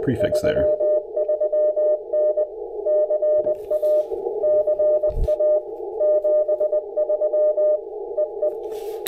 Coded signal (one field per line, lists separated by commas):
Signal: Morse code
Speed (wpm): 18 wpm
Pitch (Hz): 590 Hz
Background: speech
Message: 33N CA CA 73 EE